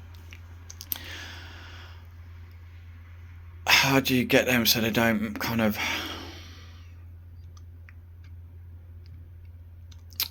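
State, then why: Seated. A switch is pushed into a cut-out of an auxiliary switch/fuse panel for a Corsa-e, where springy plastic clips hold it. It clicks into place at 0.9 s and is seated. Someone then talks over a steady low hum, followed by a few faint ticks and a sharp click near the end.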